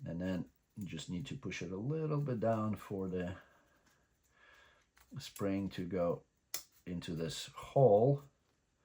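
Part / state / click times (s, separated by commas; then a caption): wooden model spring into hole of sub-assembly / not seated / none. Someone talks while handling a UGears Sports Car Rapid Mouse wooden model, with the spring wound onto small sub-assembly A1 being pushed down so its end drops into a hole. Quiet handling sounds come between the speech. Nothing has seated or clicked yet.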